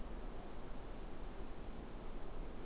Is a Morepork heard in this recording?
no